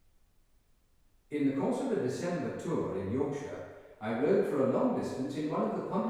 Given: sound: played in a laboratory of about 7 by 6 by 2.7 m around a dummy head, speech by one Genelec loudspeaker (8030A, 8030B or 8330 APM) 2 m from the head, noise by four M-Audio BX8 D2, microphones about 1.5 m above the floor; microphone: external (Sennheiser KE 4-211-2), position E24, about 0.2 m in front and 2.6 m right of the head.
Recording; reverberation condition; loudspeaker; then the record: male speech in English; high; 150 degrees to the left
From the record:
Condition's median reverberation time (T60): about 1300 ms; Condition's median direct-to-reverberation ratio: about -4.0 dB